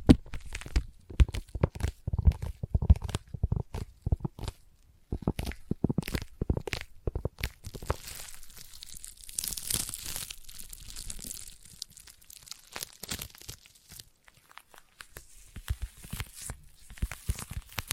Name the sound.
Intense Sticky Tapping and Sticky Triggers